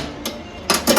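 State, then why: Seated. A metal rotisserie skewer holding a chicken is locked into its mount in a grill oven. Two sharp metallic clicks sound at 0.3 s and 0.7 s, followed by louder clattering toward the end, and the skewer is seated and locked in place. No one talks.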